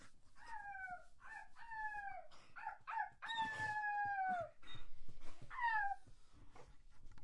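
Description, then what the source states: Dog whimpering in a series of short, falling whines, repeated several times, including one longer drawn-out cry, with faint background noise. A dog begging.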